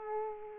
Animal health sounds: mosquito wingbeat signal from an infrared sensor; Aedes aegypti

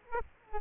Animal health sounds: mosquito wingbeat signal from an infrared sensor; Aedes aegypti

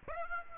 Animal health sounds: mosquito wingbeat signal from an infrared sensor; Aedes aegypti

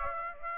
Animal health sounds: mosquito wingbeat signal from an infrared sensor; Aedes aegypti

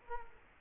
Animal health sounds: mosquito wingbeat signal from an infrared sensor; Culex quinquefasciatus

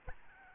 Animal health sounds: mosquito wingbeat signal from an infrared sensor; Aedes albopictus

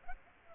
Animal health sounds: mosquito wingbeat signal from an infrared sensor; Culex pipiens

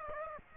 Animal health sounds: mosquito wingbeat signal from an infrared sensor; Aedes aegypti

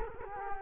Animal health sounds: mosquito wingbeat signal from an infrared sensor; Culex quinquefasciatus

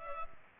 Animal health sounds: mosquito wingbeat signal from an infrared sensor; Culex pipiens

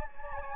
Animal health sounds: mosquito wingbeat signal from an infrared sensor; Anopheles gambiae

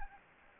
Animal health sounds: mosquito wingbeat signal from an infrared sensor; Anopheles gambiae

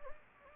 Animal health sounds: mosquito wingbeat signal from an infrared sensor; Anopheles gambiae

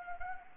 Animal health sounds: mosquito wingbeat signal from an infrared sensor; Anopheles gambiae

